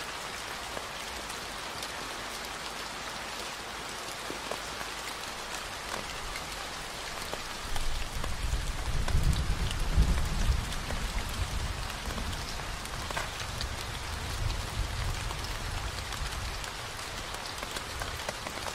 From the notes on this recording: the gentle cascade of a waterfall mimics the soothing patter of raindrops, accompanied by the delightful melodies of chirping birds